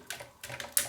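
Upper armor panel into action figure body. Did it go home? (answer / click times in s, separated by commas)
yes / 0.8 s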